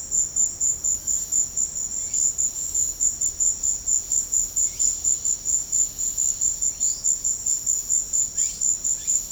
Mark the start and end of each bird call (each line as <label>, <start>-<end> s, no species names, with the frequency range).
bird call (1.4-5.4 kHz), 2.00-2.24 s
bird call (1.5-6.2 kHz), 4.66-4.97 s
bird call (2.0-5.9 kHz), 6.67-7.05 s
bird call (0.7-6.0 kHz), 8.30-8.69 s